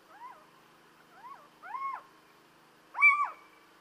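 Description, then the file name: Little owl giving short, arched, mewing calls: two faint ones early, then two louder, sharper yelps later against a quiet background. "Chouette cheveche"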